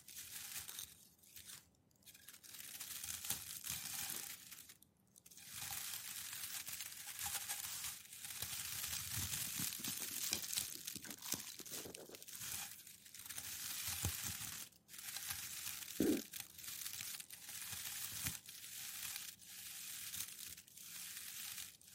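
Packing paper is slowly crinkled, pressed and rolled, giving a dense, bright rustle that runs almost without a break. Brief silent gaps fall near 2 and 5 seconds, and a sharper crackle stands out around 16 seconds amid the steady stroking texture.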